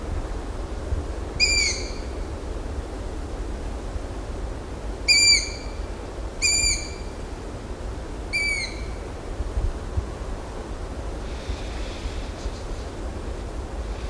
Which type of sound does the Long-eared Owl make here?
call